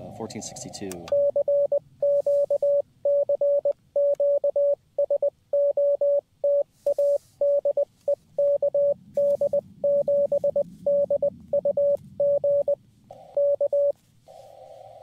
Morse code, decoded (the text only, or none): CQ CQ SOTA DE KD7DUG K